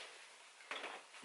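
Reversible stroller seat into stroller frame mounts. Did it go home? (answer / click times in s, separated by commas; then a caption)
yes / 0.7 s. A reversible Mockingbird single-to-double stroller seat, lifted out using the side buttons and turned around, is pushed back onto the stroller frame mounts. After a low, steady hiss, a sharp click sounds at 0.7 s, followed by a brief rattle. The seat is seated in the frame, now facing the other way.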